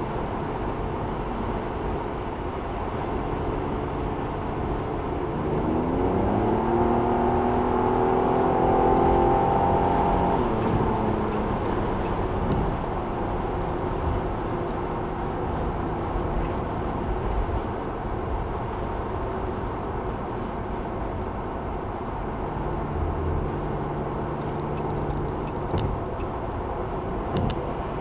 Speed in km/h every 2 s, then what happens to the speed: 111, 113, 119, 130, 135, 130, 127, 122, 119, 114, 114, 116, 113, 109.
0-8 speeds up to 135. 8-18 slows to 114. 18-28 steady at about 114.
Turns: none.